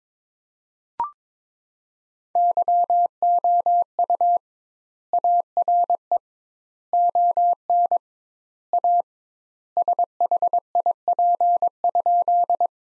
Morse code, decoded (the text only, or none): YOU ARE ON A SHIP?